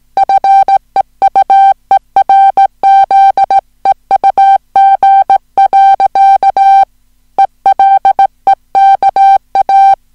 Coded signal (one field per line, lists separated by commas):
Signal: Morse code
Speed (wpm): 17 wpm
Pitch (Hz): 780 Hz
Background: music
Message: FEUERZEUG. ELEKA